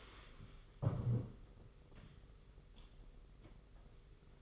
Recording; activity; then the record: daily activity, microphone in the room; stand up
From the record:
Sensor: 4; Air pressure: 991.3 hPa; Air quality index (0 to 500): 137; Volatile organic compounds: 55 ppm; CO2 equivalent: 3354 ppm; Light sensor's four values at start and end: 24/78/29/30 and 24/78/29/30